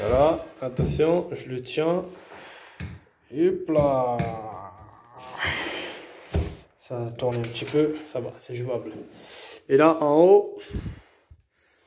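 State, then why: Not seated. A shower bar is held and adjusted on its wall mount bracket; it turns a little and is lifted slightly at the top while someone talks. There is a brief sudden sound at 2.8 s, but the bar has not yet clipped in.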